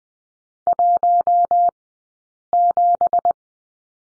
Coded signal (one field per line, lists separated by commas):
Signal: Morse code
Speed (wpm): 20 wpm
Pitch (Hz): 700 Hz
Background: none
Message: 17